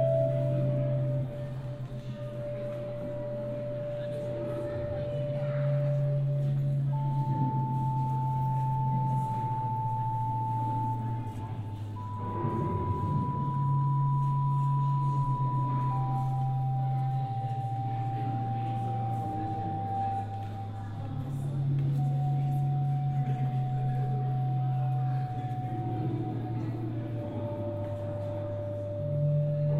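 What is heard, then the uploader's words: Pure computer-made sine tones hold and step between pitches over a low droning hum, with a faint field recording murmuring underneath throughout. In the middle of winter a new composition for computer-controlled sine waves and field recordings.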